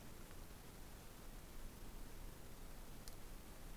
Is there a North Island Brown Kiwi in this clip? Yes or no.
no